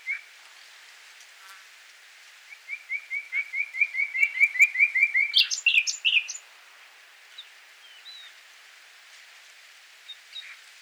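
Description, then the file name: Common nightingale song: after quiet, a long series of repeated notes builds steadily in loudness, ends in a sharp flourish, then faint scattered notes follow. "Luscinia megarhynchos"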